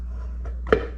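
A torque converter is worked onto the input and pump splines of a rebuilt C4 automatic transmission. Over a steady low hum and a faint knock near 0.5 s, a single sharp metal clunk rings out at 0.7 s as the converter drops onto the pump splines. This is only the first of several clunks, so the converter is partly seated.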